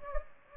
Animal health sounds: mosquito wingbeat signal from an infrared sensor; Anopheles gambiae

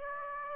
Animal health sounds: mosquito wingbeat signal from an infrared sensor; Aedes aegypti

